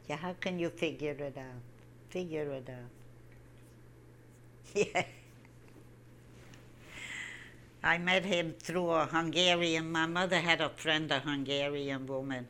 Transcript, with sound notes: How can you figure it out? Figure it out. (She laughs.) I met him through a Hungarian. My mother had a friend, a Hungarian woman.